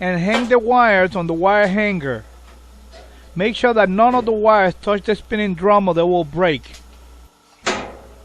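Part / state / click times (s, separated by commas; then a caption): top panel into dryer cabinet clips / seated / 7.7 s. Someone talks while the sheet-metal top panel of a Performa clothes dryer is lowered and pressed down onto the dryer cabinet clips, with a low steady hum underneath. After a brief quiet gap, a single sharp snap at 7.7 s marks the panel clicking into place, seated in its clips.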